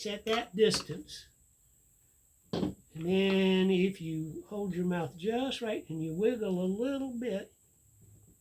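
A stitch size dial is wiggled onto its post in a Singer/Studio/Silver Reed knitting machine carriage while someone talks throughout. The dial fails to snap in, so nothing has seated or clicked yet.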